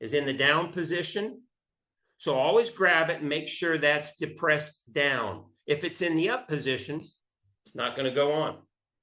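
A man talks while handling the metal clip on the air valve of an inflatable blood flow restriction band, checking that it is pressed into the down position before the hand pump is hooked up. Only speech is heard, and nothing has seated or clicked yet.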